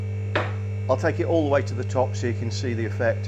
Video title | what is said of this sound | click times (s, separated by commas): Lifting Jaguar Xk8 on Strongman Scissor lift | the clunking you can hear is the safety locks | 0.4 s